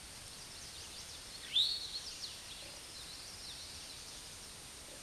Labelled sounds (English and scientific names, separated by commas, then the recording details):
Eastern Towhee (Pipilo erythrophthalmus) song
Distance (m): 10 m
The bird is about 5 m above the microphone
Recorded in a Pennsylvania forest on 16 May 2024 at 09:05
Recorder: AudioMoth, point MSD-2304
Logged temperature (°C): 16.0 °C
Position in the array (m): 215 m, 168 m